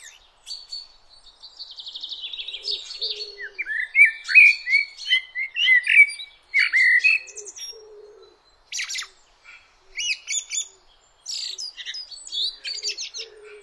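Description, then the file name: Common blackbird singing flowing, fluted phrases and shrill high twittering, with brief pauses between phrases. "Turdus merula"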